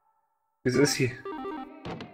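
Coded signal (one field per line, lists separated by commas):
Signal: none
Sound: puzzle game sound effects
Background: speech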